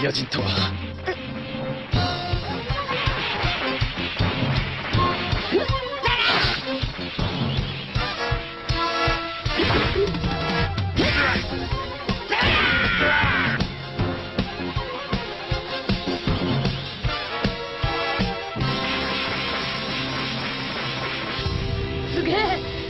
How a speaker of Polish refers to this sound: Tłucze go na kwaśne jabłko.